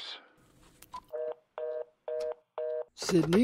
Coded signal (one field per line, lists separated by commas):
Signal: telephone call progress tone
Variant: North America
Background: speech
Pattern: reorder tone